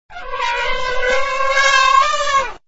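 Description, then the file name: Asian elephant call, a sustained high harmonic squeal lasting over two seconds, steady in pitch and bending slightly downward at the close. Close-up of Asian elephants, 18 August. "closeup-asian elephants aug 18"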